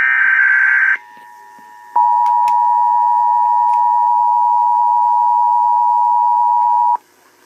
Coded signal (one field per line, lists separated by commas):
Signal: Emergency Alert System (SAME) tones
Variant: 853 and 960 Hz attention tone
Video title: EAS 319 ALASKA HIGH WIND WARNING